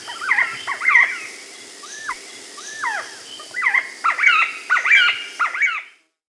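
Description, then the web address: Crested Quetzal giving a run of fast, slurred, chattering whistles that build in density toward the end, then stop abruptly. Recorded in South America. "Natures Songs S America Crested Quetzal"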